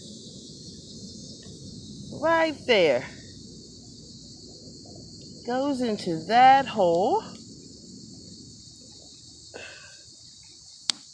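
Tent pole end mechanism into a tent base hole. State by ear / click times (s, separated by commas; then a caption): seated / 10.9 s. Someone talks over a steady high-pitched hiss while a small tent-pole end mechanism, a plastic clip or pin, is pushed into its hole in the tent base. After a faint rustle near 9.6 s, one sharp click at 10.9 s shows the pole end has seated in the hole.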